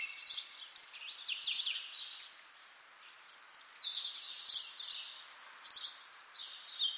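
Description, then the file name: Birdsong of fast high twitters and chirps with rapid trilled sweeps, bursts coming every second or so. "zvuki peniia ptits"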